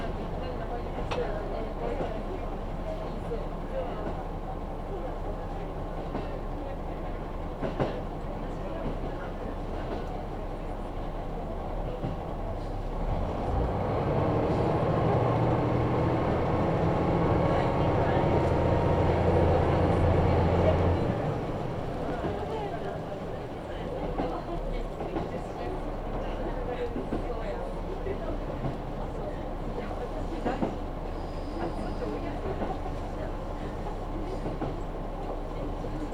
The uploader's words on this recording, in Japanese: 久大本線 田主丸→久留米。田主丸から久留米まではずっと久留米市内を走ります。